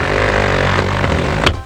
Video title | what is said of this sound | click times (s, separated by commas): Cara Melipat Kursi Pajero - Technical Support | Nah, sudah bunyi klik. | 1.5 s